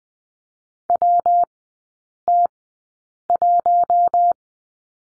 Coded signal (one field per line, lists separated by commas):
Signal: Morse code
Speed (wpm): 20 wpm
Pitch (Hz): 700 Hz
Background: none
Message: WT1